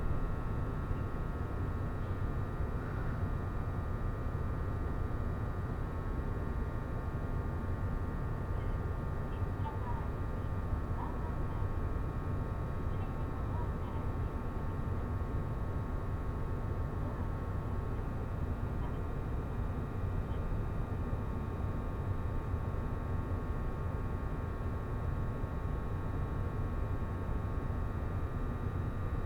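A train ride on the Tohoku Main Line: a steady, dense low rumble with a constant hum and faint whining tones throughout, unchanging.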